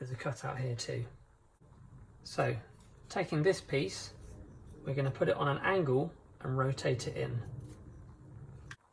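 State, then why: Seated. Someone talks while a cardboard kit panel is tilted at an angle and rotated into the slots and tabs of a cardboard car model body (a Moke). At 8.7 s a short, sharp click is heard as the panel seats into position.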